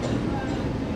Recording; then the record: coughing mixed with background sound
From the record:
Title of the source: female coughing - coughing sound effects girl